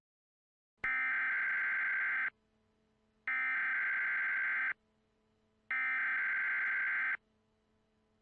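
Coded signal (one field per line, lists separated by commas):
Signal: Emergency Alert System (SAME) tones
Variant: header bursts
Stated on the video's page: Fictional EAS scenario about a future hurricane, simulated alert.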